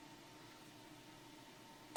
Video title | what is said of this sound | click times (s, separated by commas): Is Deleting DFM Worth It? See the Results! | Okay, I had my first click of the torque wrench. | 2.0 s